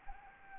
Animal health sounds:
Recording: mosquito wingbeat signal from an infrared sensor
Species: Anopheles gambiae

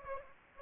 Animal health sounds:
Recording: mosquito wingbeat signal from an infrared sensor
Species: Aedes aegypti

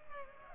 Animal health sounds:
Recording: mosquito wingbeat signal from an infrared sensor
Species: Culex pipiens

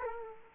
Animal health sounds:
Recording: mosquito wingbeat signal from an infrared sensor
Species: Culex quinquefasciatus

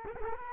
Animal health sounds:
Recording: mosquito wingbeat signal from an infrared sensor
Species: Culex quinquefasciatus

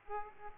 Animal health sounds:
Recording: mosquito wingbeat signal from an infrared sensor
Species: Aedes aegypti

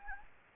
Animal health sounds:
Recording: mosquito wingbeat signal from an infrared sensor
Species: Anopheles gambiae

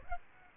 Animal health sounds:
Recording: mosquito wingbeat signal from an infrared sensor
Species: Aedes aegypti

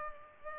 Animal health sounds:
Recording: mosquito wingbeat signal from an infrared sensor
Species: Culex pipiens

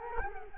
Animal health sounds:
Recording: mosquito wingbeat signal from an infrared sensor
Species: Culex quinquefasciatus

